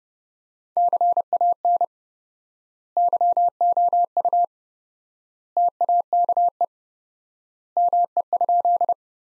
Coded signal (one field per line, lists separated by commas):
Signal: Morse code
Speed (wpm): 30 wpm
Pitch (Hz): 700 Hz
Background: none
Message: CAN YOU TAKE ME?